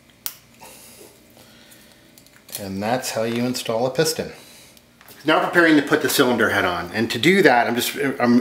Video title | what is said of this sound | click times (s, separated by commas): Old Sled Rebuild - Part 5: 97 Polaris XLT 600 Triple - Piston and Cylinder Install | and you hear this click | 0.3 s